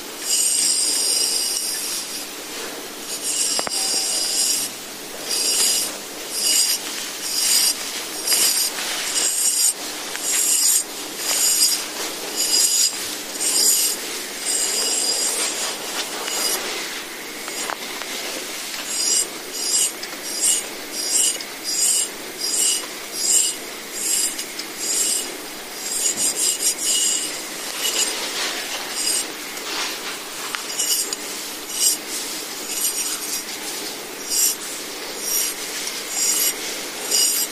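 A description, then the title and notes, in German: Massage instruments sound in a steady stream of bright metallic ringing, with high shimmering tones that sustain and overlap. Soft strokes and taps pulse at a fairly regular pace, roughly once a second, over a faint low rustle throughout. Das rhythmische Gleiten und Kneten. Klänge der Massageinstrumente.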